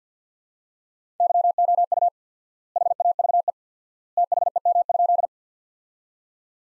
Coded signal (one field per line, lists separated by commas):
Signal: Morse code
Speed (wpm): 50 wpm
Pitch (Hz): 700 Hz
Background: none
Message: YOU HAVE THEM?